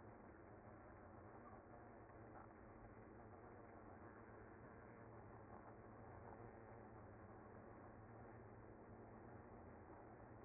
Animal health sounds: honeybee colony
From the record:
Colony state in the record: active

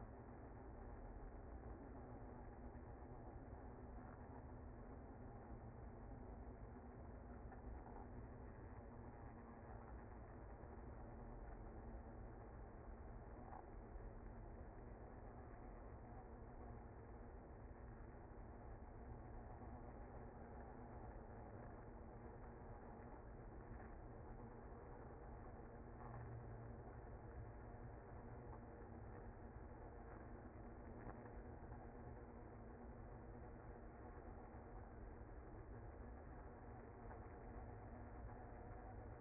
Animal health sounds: honeybee colony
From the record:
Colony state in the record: active

